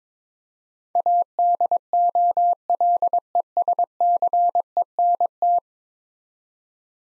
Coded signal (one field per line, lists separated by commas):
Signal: Morse code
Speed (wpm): 22 wpm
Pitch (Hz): 700 Hz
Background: none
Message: ADOLESCENT